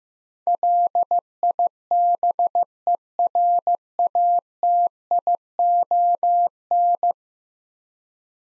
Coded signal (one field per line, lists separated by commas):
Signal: Morse code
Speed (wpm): 15 wpm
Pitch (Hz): 700 Hz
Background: none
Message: LIBERATION